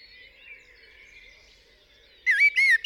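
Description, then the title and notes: Common blackbird song fragment: after a faint drawn-out whistle, a sudden run of high, scratchy twitters at the end. Singing on a studio roof in the UK, 8 April 2020 around 7am, during Covid-19 lockdown; recorded with a parabolic dish, MKH50 and MKH30 microphones in M/S to a Sonosax R4+ recorder. "Blackbird On A Still Morning. I would like to share this recording I made this morning on the 8th April 2020 around 7am. A Blackbird singing on the roof of my studio"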